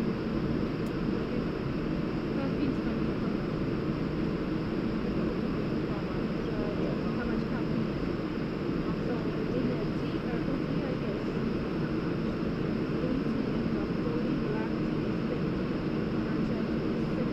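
An airplane waits for departure, its engines holding a steady, dense rumble that stays level for the whole stretch. The sound is low and full, with a faint whine above it, and murmuring voices blend into the background throughout.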